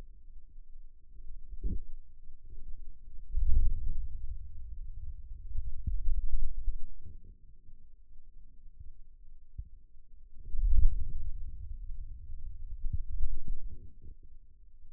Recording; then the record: forearm muscle sounds (acoustic myography)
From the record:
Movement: wrist extension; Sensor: system 2, bracelet of six BSWA MPA416 microphones around the upper forearm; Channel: 1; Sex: male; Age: 22 years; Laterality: right